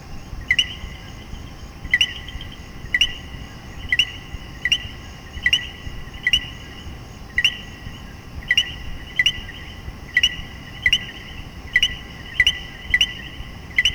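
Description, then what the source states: Common coquí frog calling steadily, many two-note 'co-quí' calls in quick succession, each a short note followed by a rising whistle. Puerto Rico.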